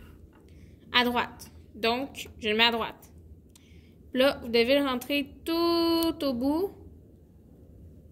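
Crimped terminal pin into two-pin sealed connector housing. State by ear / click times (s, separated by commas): not seated / none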